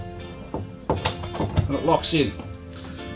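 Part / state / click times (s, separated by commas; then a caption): caravan window into its frame latches / seated / 0.9 s, 1.1 s. A modern caravan window is pushed up into its frame until its latches click and lock it in place, with sharp clicks at 0.9 s and 1.1 s. Music plays in the background and someone talks. The window ends up latched shut.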